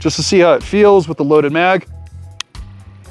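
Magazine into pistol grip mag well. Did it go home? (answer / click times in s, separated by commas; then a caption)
yes / 2.4 s. Someone talks, then a loaded polymer 15-round PSA Dagger Micro magazine is pushed into the grip of an unloaded compact Glock 43X pistol. The magazine goes in a little stiff and seats with a sharp, positive click from the mag catch at 2.4 s.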